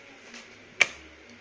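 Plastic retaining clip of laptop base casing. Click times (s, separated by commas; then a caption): 0.8 s. Thumb pressure pries the plastic base casing of an HP BS series laptop open until a plastic retaining clip lets go with one sharp snap at 0.8 s, releasing the casing. A fainter tick follows at about 1.4 s over a quiet background.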